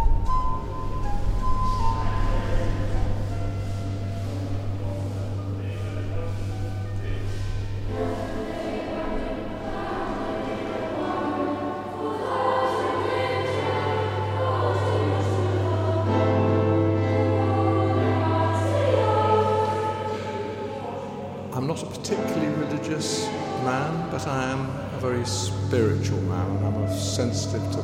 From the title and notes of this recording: Wells Cathedral soundscape excerpt by Rich Tomlinson.